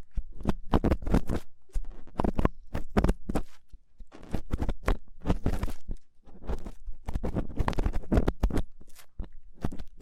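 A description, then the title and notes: Rough ear cleaning makes dense, irregular scratching and rubbing bursts with sharp crackles, nearly continuous, pausing briefly around four and six seconds. ASMR Rough Ear Cleaning (No Talking).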